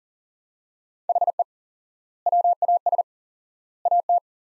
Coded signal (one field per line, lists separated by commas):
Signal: Morse code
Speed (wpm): 40 wpm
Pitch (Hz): 700 Hz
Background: none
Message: HE WAS AT